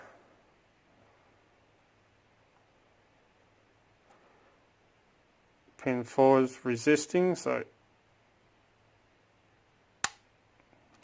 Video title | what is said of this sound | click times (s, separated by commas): Hooks, and first thing to start off learning to single pin pick ( beginners series) (135) | hear that click. | 10.0 s